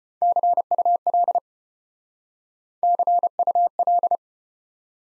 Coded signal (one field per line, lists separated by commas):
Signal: Morse code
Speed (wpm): 33 wpm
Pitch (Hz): 700 Hz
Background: none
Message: CUL CUL